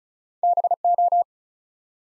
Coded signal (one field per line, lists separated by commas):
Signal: Morse code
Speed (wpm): 36 wpm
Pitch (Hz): 700 Hz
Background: none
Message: BO